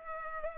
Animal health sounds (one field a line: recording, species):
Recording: mosquito wingbeat signal from an infrared sensor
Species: Culex pipiens